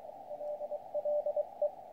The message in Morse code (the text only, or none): LLE